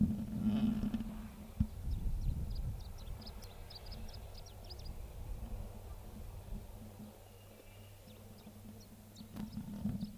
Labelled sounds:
Canary Islands Chiffchaff (Phylloscopus canariensis)
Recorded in the wild
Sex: male
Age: adult
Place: Privatpark "Chiripa" in Puerto de la Cruz, Teneriffa, Teneriffa, Kanarische Inseln, ES
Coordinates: 28.4094, -16.5447
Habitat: park
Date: 1964-04-28
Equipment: Nagra III PH, Parabolspiegelmikrophon, LGS26
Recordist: Faber, A. and Sapper
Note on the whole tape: Phylloscopus collybita canariensis (alte Bezeichnung, inzwischen eigene Art): Gesang und Einzelrufe

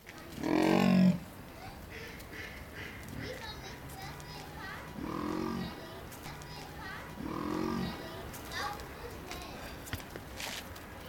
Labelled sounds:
Leopard (Panthera pardus) call
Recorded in captivity
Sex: male
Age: adult
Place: Zoo Berlin, Berlin, DE
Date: 1997-01-18 14:52
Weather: bedeckt, um 0°C
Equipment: Nagra SN, Kopie Uher 4000 Report Monitor
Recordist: Tembrock, Günter
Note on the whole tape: Persischer Leopard (P.p.saxicolor): Männchen, Laute, umherlaufend (Aufnahme bis 15.20 Uhr, geschnitten)

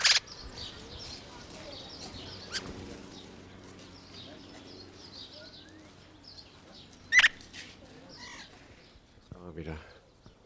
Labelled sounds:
Greater Necklaced Laughingthrush (Garrulax pectoralis)
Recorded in captivity
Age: adult
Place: Zoo Berlin, Berlin, DE
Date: 1992-04-04 11:00
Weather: bedeckt, 5-8°C
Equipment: Nagra SN, Mikrofon AKG CK 8, Kopie Tesla B 116
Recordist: Tembrock, Günter

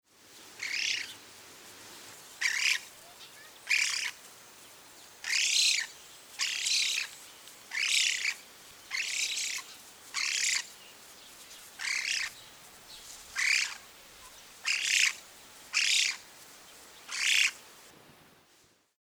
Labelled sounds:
Eurasian Spoonbill (Platalea leucorodia)
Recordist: Tembrock, Günter
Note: Tremololaut

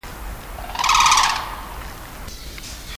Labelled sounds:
Red-crowned Crane (Grus japonensis) call
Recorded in captivity
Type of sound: call
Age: adult
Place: Zoo Berlin, Berlin, DE
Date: 2001-12-21 16:40
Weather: bedeckt, 2°C
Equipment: Marantz CP 130, Sennheiser MKH 416, Kopie Uher 4000 Report Monitor
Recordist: Tembrock, Günter
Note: Ein Ruf

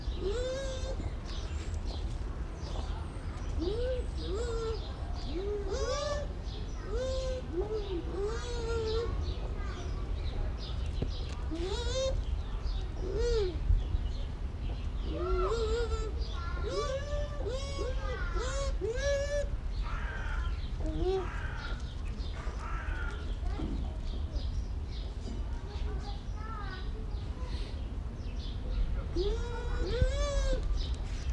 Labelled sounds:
Bush Dog (Speothos venaticus) call
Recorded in captivity
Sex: pair
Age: adult
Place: Zoo Berlin, Berlin, DE
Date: 1994-10-01 11:47
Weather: wolkig (Regen)-heiter, 12°C
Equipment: Marantz CP 430, Sennheiser ME 80, Kopie Uher Variocord 263
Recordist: Tembrock, Günter
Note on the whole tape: Paar: umherlaufend, diverse Lautformen

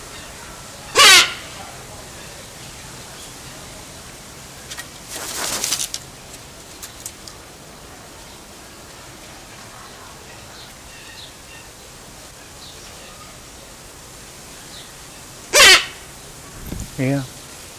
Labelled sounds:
Silvery-cheeked Hornbill (Bycanistes brevis) call
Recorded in captivity
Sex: pair
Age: adult
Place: Zoo Berlin, Berlin, DE
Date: 1999-07-28 16:49
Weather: heiter, 24-26°C
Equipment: Sony WM-D6C, Sennheiser ME 80, Kopie Uher 4000 Report Monitor
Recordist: Tembrock, Günter
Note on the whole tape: Männchen: Kurzlaute, dann auch vom Weibchen; Entfernung ca

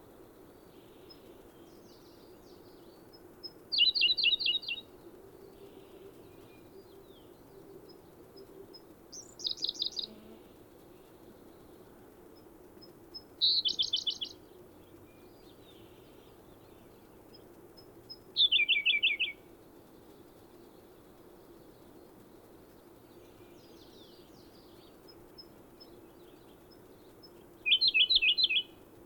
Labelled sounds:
Siberian Blue Robin (Luscinia cyane) song
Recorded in the wild
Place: Dzhalmyn, MN
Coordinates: 48.166, 107.736
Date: 1979-06-11 07:35
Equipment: Nagra III BH, Sennheiser MD 21, parabola
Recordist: Schubert, Michael
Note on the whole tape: Gesang derselben Blaunachtigall

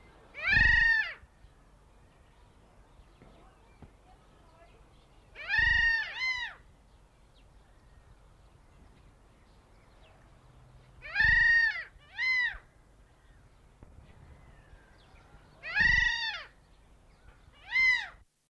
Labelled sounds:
Grey Gull (Leucophaeus modestus) call
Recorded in captivity
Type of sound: call
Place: Zoo Heidelberg, DE
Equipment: Halbspur, 9,5 cm/s
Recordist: Lütgens, Hans
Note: Rufe eines Paares

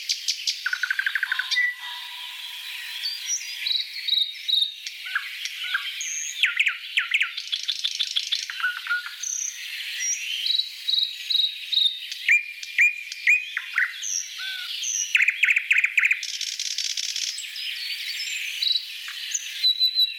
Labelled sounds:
Thrush Nightingale (Luscinia luscinia) song
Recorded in the wild
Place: Selenter See, Schleswig-Holstein, DE
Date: 1986-05-17
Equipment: Uher Report Monitor
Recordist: Schwarz, Dieter

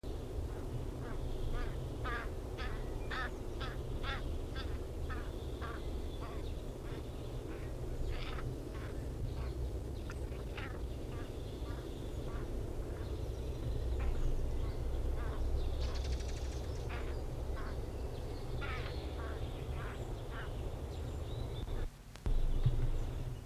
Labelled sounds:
Hooded Crow (Corvus cornix) call
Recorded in the wild
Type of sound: call
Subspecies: cornix
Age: adult
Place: Summt, am Buchenberg, Brandenburg, DE
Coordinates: 52.695, 13.3594
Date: 1975-05-02
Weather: sunny, few clouds, 16°C
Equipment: Uher CR 210, Sennheiser MD 421, Reflektor, Verstärker, Kopie Uher 4200
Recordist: Tembrock, Günter
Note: Nebelkrähe (C.c.cornix): Bussard verfolgend, Hetzrufe

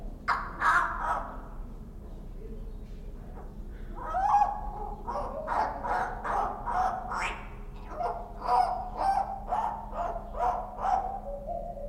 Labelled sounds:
Common Hill Myna (Gracula religiosa)
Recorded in captivity
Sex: male
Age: adult
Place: Zoo Berlin, Berlin, DE
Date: 1993-07-17
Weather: wolkig, 22 °C
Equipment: Marantz CP 430, Sennheiser ME 80, Kopie Uher Variocord 263
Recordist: Tembrock, Günter

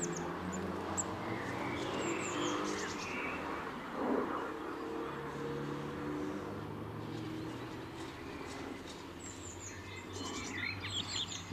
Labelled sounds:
Eurasian Blue Tit (Cyanistes caeruleus)
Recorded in the wild
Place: Kaiserslautern, Rheinland-Pfalz, DE
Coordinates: 49.4247, 7.77889
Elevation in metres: 279
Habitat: garden
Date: 1978-05-20
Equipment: Nagra IV, Sennheiser MKH 405, Parabolreflektor
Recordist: Tretzel, Erwin

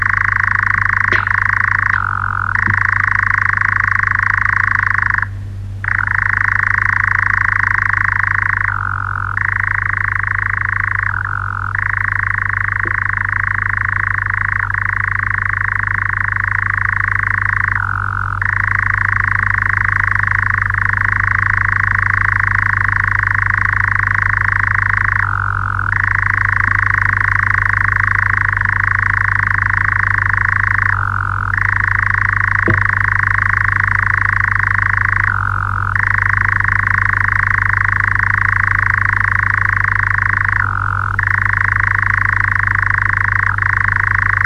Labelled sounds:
Eurasian Nightjar (Caprimulgus europaeus) song
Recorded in the wild
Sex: male
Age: adult
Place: Przytocko, Pomorskie, PL
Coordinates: 54.1211, 16.8428
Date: 1965-07-04
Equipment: Grundig TK 4, BG 20/6 - 19 cm/s
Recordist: Schubert, Michael

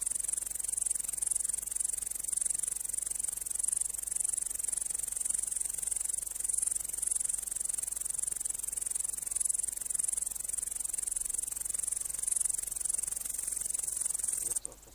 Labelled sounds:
Upland Green Bush-cricket (Tettigonia cantans) stridulation
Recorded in the wild
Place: Eutin, Holsteinische Schweiz, Schleswig-Holstein, DE
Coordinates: 54.132, 10.614
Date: 1992-09-15 14:39
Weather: leicht windig, 18°C
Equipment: Marantz CP 430, Sennheiser ME 80, Kopie Tesla B 116
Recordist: Tembrock, Günter

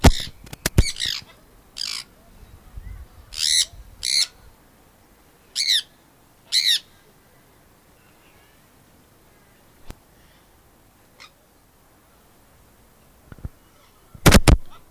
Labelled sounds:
Sun Parakeet (Aratinga solstitialis) call
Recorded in captivity
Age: adult
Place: Tiergarten Wilhelma/Stuttgart, Baden-Württemberg, DE
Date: 2000-09-24 17:49
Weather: bedeckt, 15°C
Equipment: Nagra SN, Kopie Uher 4000 Report Monitor
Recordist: Tembrock, Günter

